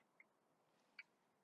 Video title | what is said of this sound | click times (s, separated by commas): 2008 Chevrolet Impala Plugs and wires DIY! Simple! | Well, I just felt it pop on. It didn't really make a loud click. | 0.2 s, 1.0 s